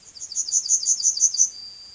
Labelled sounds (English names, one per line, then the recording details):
Yellowhammer song
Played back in grassland
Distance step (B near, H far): C
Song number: 166